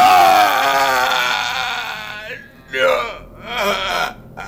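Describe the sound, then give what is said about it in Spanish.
A harsh, bloodcurdling scream rings out loud and sustained for a couple of seconds, then wavers and breaks into shorter, strained cries that rise and fall in pitch. “Mientras le daba la tecla del piso 12, oyó un grito desgarrador que le heló la sangre.”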